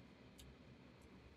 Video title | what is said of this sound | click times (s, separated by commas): Yard O Led The Viceroy Grand Victorian Fountain Pen Review | it's a very strong click I don't know you know as I use it it will probably lighten up | 0.4 s